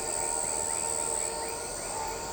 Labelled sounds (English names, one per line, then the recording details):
none
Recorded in shrubland near Pivijay, Magdalena, Colombia, on 14 April 2023 at 21:00
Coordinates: 10.453, -74.365
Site P5-G022